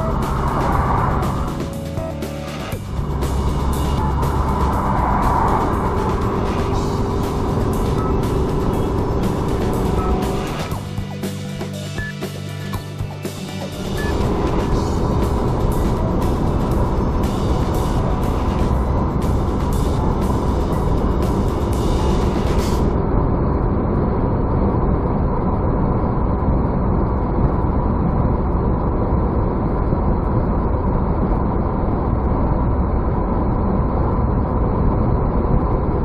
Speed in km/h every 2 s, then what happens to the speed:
86, 86, 90, 92, 98, 103, 104, 108, 111, 112, 111, 112, 116, 115, 113, 112, 112, 111.
0-17 speeds up to 112. 17-36 steady at about 112.